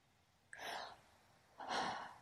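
Two rough, hissing breath sounds about a second apart: Lola, a pet dog, snoring loudly in the background.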